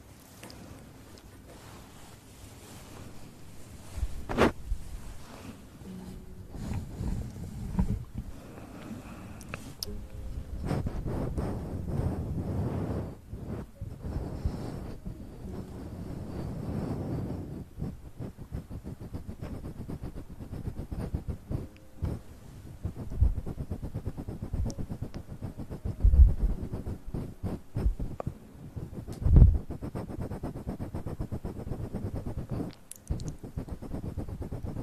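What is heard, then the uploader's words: Mouth sounds fill the recording: uneven bursts of low, muffled rumble and breathy puffs that come and go, with sharp clicks and pops near 4, 10, 26, 29 and 33 seconds. The activity thickens after ten seconds and stays busy, with no clear words. Sensitivity Mouth Sounds.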